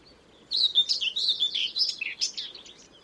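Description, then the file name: Common whitethroat song, a quick burst of harsh, jumbled, scratchy notes run together for roughly two and a half seconds. "Fauvette grisette"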